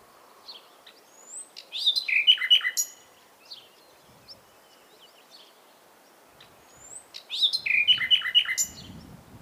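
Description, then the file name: Common nightingale song: two nearly identical phrases, each a thin upslurred whistle followed by a quick jumble of rich notes. "Luscinia megarhynchos"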